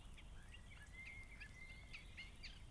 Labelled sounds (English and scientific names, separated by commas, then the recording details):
Common Blackbird (Turdus merula)
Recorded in Germany
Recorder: ecoPi